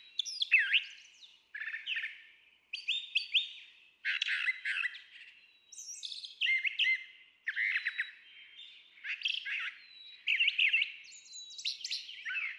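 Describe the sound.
Brown Thrasher singing a steady stream of varied phrases, slurred whistles, buzzy notes and chips.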